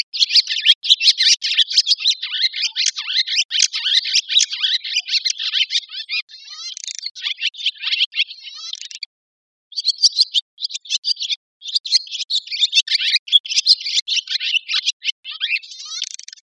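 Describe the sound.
Barn swallow twittering: a long, busy stream of high chirps and warbled notes, nearly continuous, with a few short pauses.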